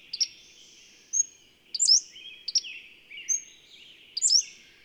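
Bird song of high chirps, drawn-out whistled notes and buzzy phrases in several bursts, faint hum underneath.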